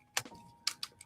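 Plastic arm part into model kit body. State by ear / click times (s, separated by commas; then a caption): not seated / none. A plastic arm part is handled and pushed toward a model kit body, giving short, sharp plastic taps at about 0.2, 0.7, 0.8 and 1.0 seconds over faint background music and a steady tone. The arm has not popped into place yet; nothing has seated or clicked home by the end.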